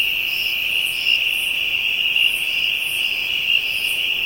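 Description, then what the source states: Insects droning in a steady shrill band, with repeated higher pulses above it. African insects, ambient soundscape.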